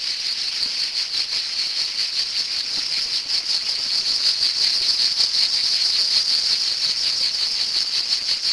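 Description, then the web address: Cicada song, a dense continuous high buzz with a fast pulsing texture, steady throughout with slight swells in loudness. "son cigales"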